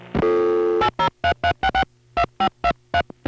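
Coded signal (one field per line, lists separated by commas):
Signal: DTMF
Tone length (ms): 90 ms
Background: music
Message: 8033662523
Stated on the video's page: Recording of an EAX local/toll telephone switch, 1977.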